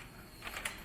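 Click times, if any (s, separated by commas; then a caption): 0.7 s. A section of a 10x10x10 portable room's display frame pole is pushed into its frame connector and seats with a sharp snap at 0.7 s. The snap is preceded by a couple of softer handling clicks over a steady low background hiss.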